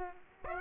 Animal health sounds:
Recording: mosquito wingbeat signal from an infrared sensor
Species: Aedes aegypti

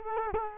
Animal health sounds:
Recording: mosquito wingbeat signal from an infrared sensor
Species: Culex quinquefasciatus

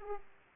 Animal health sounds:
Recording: mosquito wingbeat signal from an infrared sensor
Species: Aedes aegypti

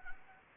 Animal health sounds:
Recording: mosquito wingbeat signal from an infrared sensor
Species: Anopheles gambiae

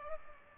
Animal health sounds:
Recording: mosquito wingbeat signal from an infrared sensor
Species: Aedes aegypti

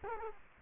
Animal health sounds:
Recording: mosquito wingbeat signal from an infrared sensor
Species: Culex quinquefasciatus

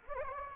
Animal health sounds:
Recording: mosquito wingbeat signal from an infrared sensor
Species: Anopheles gambiae

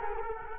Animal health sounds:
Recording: mosquito wingbeat signal from an infrared sensor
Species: Culex quinquefasciatus

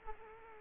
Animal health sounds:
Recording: mosquito wingbeat signal from an infrared sensor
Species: Culex quinquefasciatus

